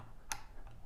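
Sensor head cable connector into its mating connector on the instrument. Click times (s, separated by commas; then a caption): 0.3 s. A round sensor head cable connector, its red mark lined up with the red mark on the instrument's matching connector, is pushed straight in. It snaps in place with a sharp, bright click at 0.3 s, followed by a faint softer tick near 0.7 s. The connector is seated.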